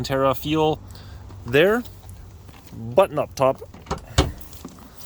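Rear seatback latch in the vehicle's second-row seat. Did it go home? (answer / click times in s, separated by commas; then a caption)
released / 4.2 s. Someone talks as the release button at the top of the second-row rear seatback in a 2024 Chevy Blazer EV is pressed, with a short sharp sound at 3.9 s. The seatback latch lets go with a loud click at 4.2 s and the seat folds down, followed by a softer thud at 4.8 s.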